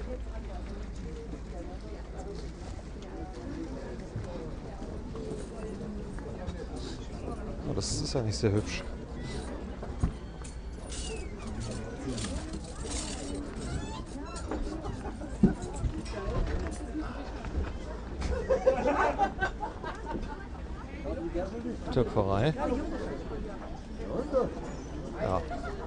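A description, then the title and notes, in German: Christmas market bustle in a city centre: a steady crowd murmur of many voices talking at once, with voices surfacing now and then, especially around 8 and 18–22 seconds. A low rumble runs underneath throughout, with occasional sharp clinks and knocks. In dieser Folge habe ich mich in den Weihnachtstrubel der Kölner Innenstadt begeben, um für euch Impressionen zu sammeln. Vom Wallraf-Platz über die Hohe Straße zum Weihnachtsmarkt "Am Alter Markt" und über die Schildergasse. Klingt die Kölner City im Dezember, 3 Wochen vor Weihnachten.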